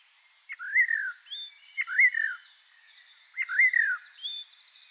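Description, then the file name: Eurasian blackbird repeating a short rising-and-falling whistle three times, each introduced by a faint click, with soft background chirps. "Turdus merula"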